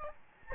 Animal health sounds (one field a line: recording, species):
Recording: mosquito wingbeat signal from an infrared sensor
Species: Aedes albopictus